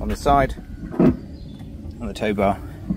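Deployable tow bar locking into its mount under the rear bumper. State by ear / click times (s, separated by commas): not seated / none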